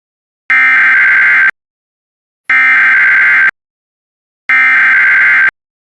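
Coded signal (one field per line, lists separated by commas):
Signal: Emergency Alert System (SAME) tones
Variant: header bursts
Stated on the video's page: Radiological Hazard Warning issued for a plant test via IPAWS.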